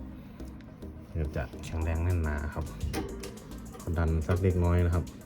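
Someone talks while pressing the plastic fan guard of a HATARI 16-inch wall fan with wireless remote into the fan body with slight force, working it toward its several lock points. The clip ends before the guard goes home, so nothing has seated or clicked yet.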